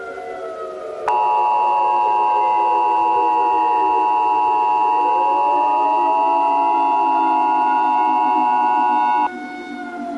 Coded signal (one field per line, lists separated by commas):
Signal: Emergency Alert System (SAME) tones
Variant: 853 and 960 Hz attention tone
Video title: Cancelled EAS Scenarios - What Was Left